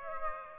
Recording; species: mosquito wingbeat signal from an infrared sensor; Aedes aegypti